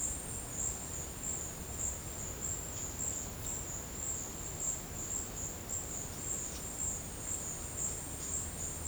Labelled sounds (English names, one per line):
none